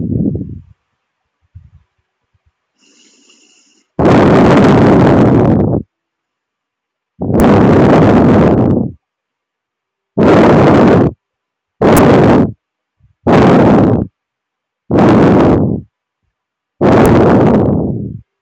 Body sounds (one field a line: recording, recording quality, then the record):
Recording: shallow breathing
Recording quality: excellent, no background noise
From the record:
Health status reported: healthy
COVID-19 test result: not tested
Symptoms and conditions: none ticked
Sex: male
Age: 26 years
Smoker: not ticked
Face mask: not worn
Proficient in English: yes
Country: India